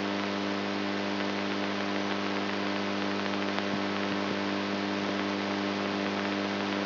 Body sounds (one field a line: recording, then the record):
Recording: brain microelectrode recording played as sound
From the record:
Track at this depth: inside the subthalamic nucleus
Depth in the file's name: 3.121 mm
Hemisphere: right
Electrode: 3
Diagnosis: Parkinson's disease